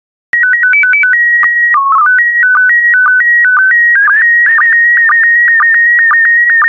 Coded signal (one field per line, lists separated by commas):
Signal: SSTV (slow-scan television)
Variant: PD 120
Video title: 50068 California Parks SSTV PD120